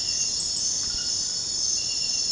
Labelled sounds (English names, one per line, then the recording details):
none
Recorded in dense forest near Puerto Asís, Putumayo, Colombia, on 18 February 2024 at 04:00
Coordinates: 0.472, -76.329
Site G6394